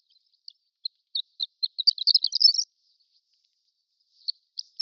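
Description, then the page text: Horned lark twittering: scattered thin, high tinkling notes building into a quick jumbled burst, then a pause before a few more sparse chips. Prairie subspecies; extended twittering. "Prairie Horned Lark Extended Twittering. Quick Sounds library"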